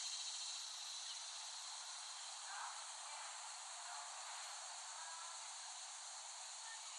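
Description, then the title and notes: Cicadas droning in a thick, shimmering buzz that stays high and constant, slightly louder at the start and easing a little later. Several cicadas recorded in West Brighton, Staten Island, late summer 2008. "Recording of cicadas made by Dan Bodah in West Brighton, Staten Island, late summer 2008."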